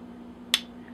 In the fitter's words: and you hear that click that's the night latch